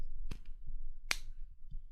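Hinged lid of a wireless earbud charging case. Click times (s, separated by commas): 1.1 s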